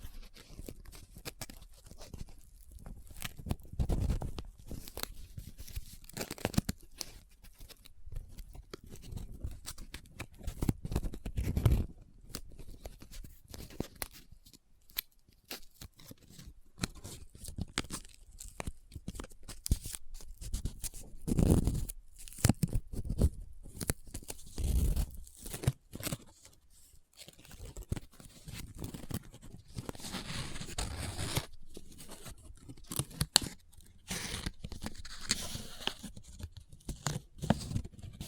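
Paper is handled close up, folded, rubbed and crinkled in irregular bursts of crackling and scratching. Busy, dry rustles come and go throughout, with fuller, heavier handling around 4, 12, 21 and 25 seconds and a brighter, hissing stretch near 30 seconds.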